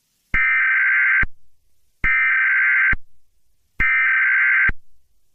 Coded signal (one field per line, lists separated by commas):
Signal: Emergency Alert System (SAME) tones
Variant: header bursts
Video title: EAS Scenario #21: FireBall